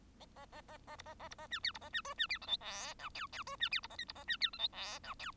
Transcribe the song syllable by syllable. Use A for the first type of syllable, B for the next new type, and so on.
A A A A B A A B A C D B A C E C D F G H I J J E C D B A K B A C D F G H I J